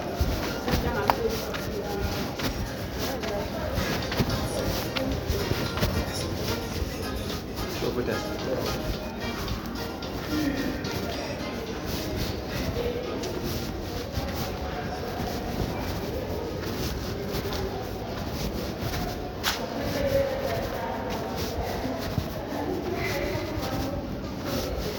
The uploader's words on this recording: In this episode, I check out some art, craft & curio stalls in Victoria Falls, Zimbabwe.